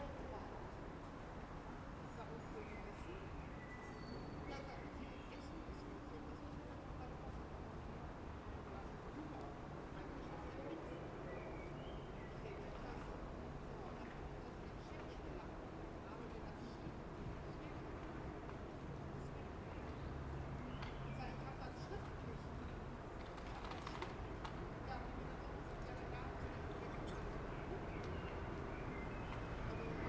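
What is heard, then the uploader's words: Ambience on the Theaterplatz in Essen: a steady, dense murmur of voices with low traffic rumble and occasional brief clinks and clatters throughout. Ambience on the Theaterplatz in Essen at 12:00 am.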